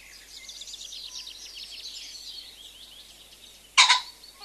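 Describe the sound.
Common pheasant utters one abrupt, raspy two-part crow near the end, after a stretch of busy high songbird chatter.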